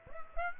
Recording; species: mosquito wingbeat signal from an infrared sensor; Aedes aegypti